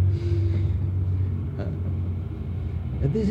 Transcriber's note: laughs